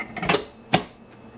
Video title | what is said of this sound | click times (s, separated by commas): No-Bake Vegan Chocolate Balls (super easy, super healthy!) | and it clicks right into place. | 0.7 s